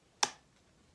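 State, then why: Seated. A paint brush handle is placed against the magnetic strip, with three magnets, on the back of a larger water-filled Cling On brush holder. A single sharp, bright click sounds at 0.2 s, then fades within a fraction of a second into quiet. The click confirms the handle has attached to the magnetic holder.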